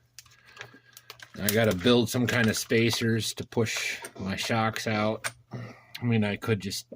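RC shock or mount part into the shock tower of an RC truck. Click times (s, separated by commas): 0.2 s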